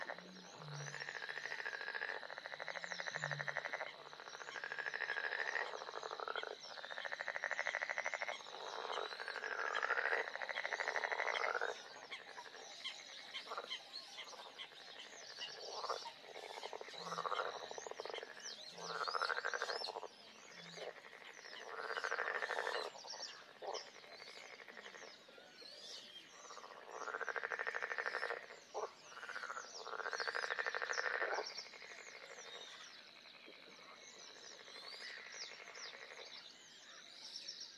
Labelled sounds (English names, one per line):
Edible Frog call